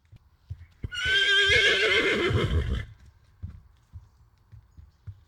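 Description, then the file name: Horse giving one loud, shaky whinny of about two seconds, wavering high then trailing off, with soft low thumps and shuffling before and after. "hevonen hirnuu"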